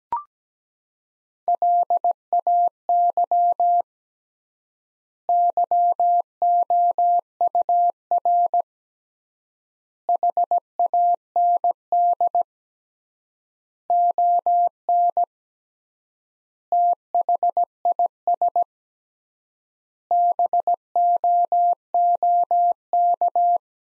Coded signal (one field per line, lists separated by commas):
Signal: Morse code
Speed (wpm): 17 wpm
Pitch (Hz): 700 Hz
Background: none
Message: LAY YOUR HAND ON THIS BOOK